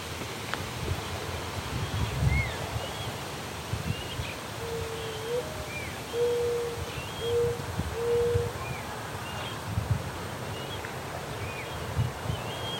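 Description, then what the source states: Mourning Dove cooing, a low note with an upward slur followed by three steady hoots, mixed with chirping calls of other birds and background rustle. Heard cooing loudly during a walk.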